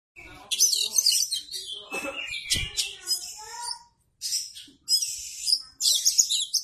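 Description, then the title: Oriental magpie-robin song: a rapid, varied stream of high chirps, trills and whistled phrases, with brief pauses between bursts. "Kacer"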